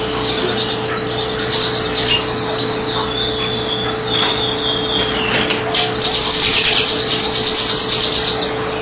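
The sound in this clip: Double-collared seedeater singing rapid runs of high, repeated chirping notes, pausing between bursts, with thin whistles and a steady background hum.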